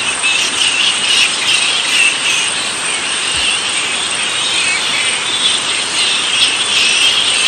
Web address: earth naturelibrary. straw-coloured fruit bat